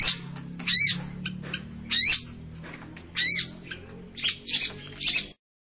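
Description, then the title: Long-tailed shrike giving harsh, rising, squawky notes in short bursts at uneven intervals, separated by quiet gaps over a low hum. "Cendet Pentet"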